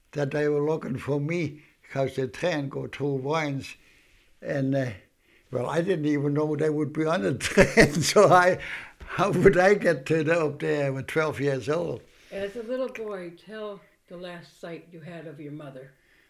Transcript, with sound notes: that they were looking for me because the train goes through, and, well, I didn't even know they would be on it, so I, ( he laughs ) how would I get up there at twelve years old.
As a little boy, tell the last sight you had of your mother.